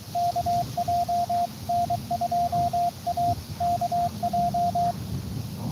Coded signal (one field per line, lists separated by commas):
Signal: Morse code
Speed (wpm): 23 wpm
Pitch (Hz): 700 Hz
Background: radio noise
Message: KJ N2A KJ